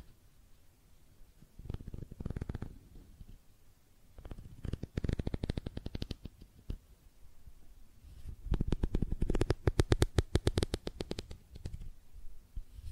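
Tapping and scratching on makeup items comes in rapid bursts of clicks, first short clusters around two and five seconds, then a longer, louder run from about eight to twelve seconds. The sounds are dry and crackly with a low rumbly undertone, separated by near silence.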